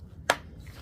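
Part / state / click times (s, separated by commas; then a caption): plastic clamp part onto string trimmer / partly seated / 0.3 s. A plastic clamp part is pressed onto a Remington 2-stroke string trimmer, giving one sharp click at 0.3 s against quiet low background noise. The clamp catches on one side only, so it is just partly held.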